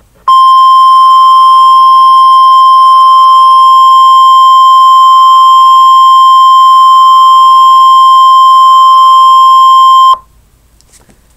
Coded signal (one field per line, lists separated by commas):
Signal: Emergency Alert System (SAME) tones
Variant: 1050 Hz attention tone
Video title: MOCK Tropical Storm Wind Warning EAS